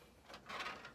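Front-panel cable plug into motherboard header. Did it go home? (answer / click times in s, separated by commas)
no / none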